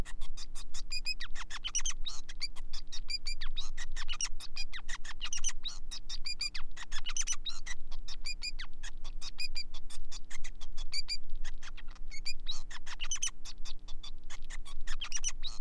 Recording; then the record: song of a male Bengalese finch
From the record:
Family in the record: son of father 5